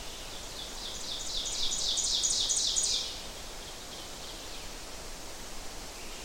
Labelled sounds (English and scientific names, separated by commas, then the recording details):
Ovenbird (Seiurus aurocapilla) song
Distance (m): 35 m
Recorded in boreal forest in Alberta, Canada, on 12 June 2016 at 07:12
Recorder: SongMeter 3, array SBT-3-18
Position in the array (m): 239 m, 84 m
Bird 31